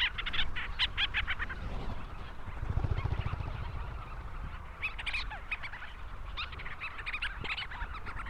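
Leach's storm petrel chattering: fast runs of short, clipped notes in broken bursts, over a constant low rumbling background.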